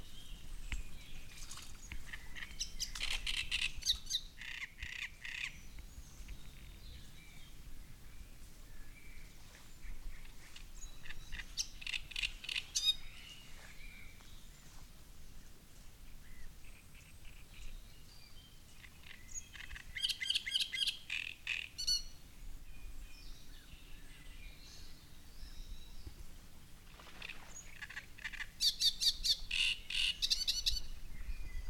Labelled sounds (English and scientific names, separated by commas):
Great Reed Warbler (Acrocephalus arundinaceus)